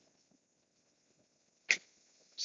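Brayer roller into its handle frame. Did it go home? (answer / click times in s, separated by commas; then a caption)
yes / 1.7 s. The rubber roller of a craft brayer is fitted back into its plastic handle frame, which is designed to snap on. After a near-silent stretch with faint soft handling, a sharp snap at 1.7 s marks the roller seating in the frame, followed by a low hiss and another burst of noise right at the end.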